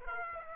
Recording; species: mosquito wingbeat signal from an infrared sensor; Aedes aegypti